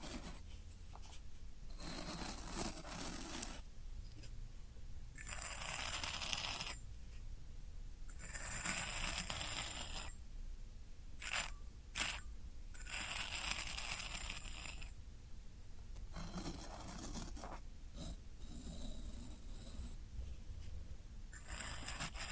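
Floral foam being scraped and crumbled, in bursts of dry, gritty rasping that come every second or two. Some strokes are long and bright, others short and sharp, with a few quick scratches near the middle. A low, steady rumble sits underneath throughout.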